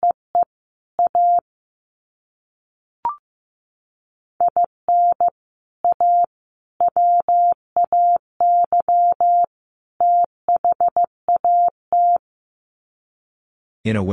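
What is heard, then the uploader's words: Morse code beeps in a single steady mid-pitched tone, short dots and longer dashes grouped with gaps of silence between letters and words. A tiny click sounds near three seconds, and a brief burst of noise cuts in at the very end. Sets of 4 Words 15wpm. First, the words are sent in Morse code.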